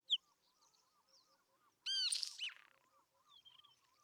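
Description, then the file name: Isabelline wheatear song: a sharp single note, then a brief burst of harsh, descending harmonic notes and a thin whistle, over faint repeated low chirps. Recorded at Telmen Nuur. "isawheat-1 telmen-nuur"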